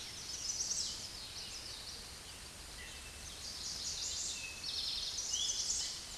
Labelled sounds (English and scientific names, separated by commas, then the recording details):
Eastern Towhee (Pipilo erythrophthalmus) song
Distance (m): 40 m
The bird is about 5 m above the microphone
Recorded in a Pennsylvania forest on 16 May 2024 at 06:06
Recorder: AudioMoth, point MSD-0475
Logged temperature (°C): 12.3 °C
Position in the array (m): 108 m, 6 m